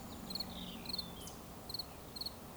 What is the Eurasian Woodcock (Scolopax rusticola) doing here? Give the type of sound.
whistle